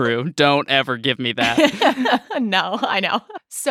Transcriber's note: laughter